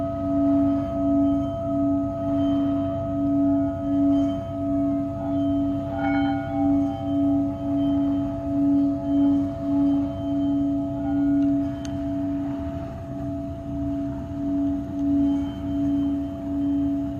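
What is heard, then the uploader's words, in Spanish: A Tibetan singing bowl hums one steady low tone that pulses in a fast, regular wobble throughout, with faint higher ringing overtones above. Cuenco tibetano desde Caribe Mexicano.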